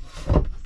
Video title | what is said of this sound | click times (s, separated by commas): Full Tour! 70s Truck Camper Renovation | so that drop pops into place | 0.4 s